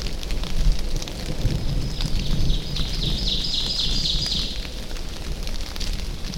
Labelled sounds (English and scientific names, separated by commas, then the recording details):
Ovenbird (Seiurus aurocapilla) song
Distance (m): 30 m
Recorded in boreal forest in Alberta, Canada, on 24 June 2016 at 07:45
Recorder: SongMeter 3, array SBT-6-76
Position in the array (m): 19 m, 22 m
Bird 2